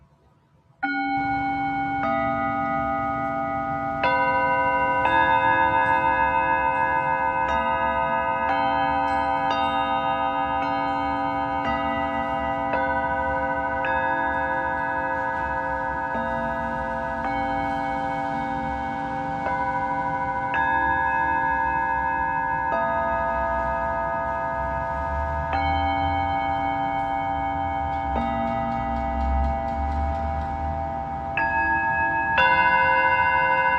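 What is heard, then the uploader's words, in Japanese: A Tibetan singing bowl rings steadily after a brief silence at the start, its bright, sustained tone shimmering with overtones. Fresh strikes land every few seconds, renewing the ring, while a soft low rumble runs underneath throughout. メキシコから シンギングボウルのサウンドヒーリング。チベタンシンギングボウル。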